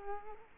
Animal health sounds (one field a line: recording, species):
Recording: mosquito wingbeat signal from an infrared sensor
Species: Culex quinquefasciatus